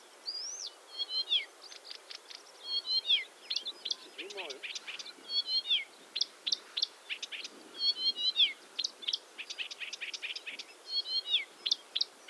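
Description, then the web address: Blyth's reed warbler delivering repeated clicks and falling whistled doublets in a measured rhythm, each phrase type repeated several times; one lower slurred note in the middle. "Struikrietzanger. graszanger acrocephalus dumetorum"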